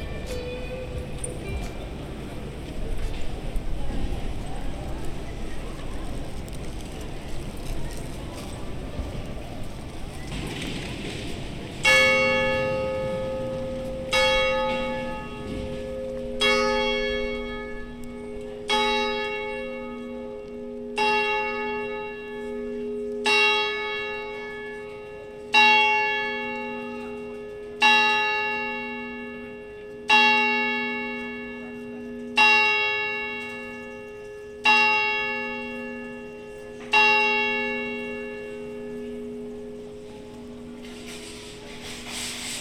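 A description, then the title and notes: A clock bell strikes the hour, beginning about twelve seconds in with twelve evenly spaced, ringing strokes roughly two seconds apart, each leaving a sustained hum beneath. Before the strikes, a steady wash of city noise and voices fills the air. As 12 o’clock strikes, the Broadgate clock sees Lady Godiva appear whilst an ogling Peeping Tom looks on from above. The recordings were captured using a binaural microphone.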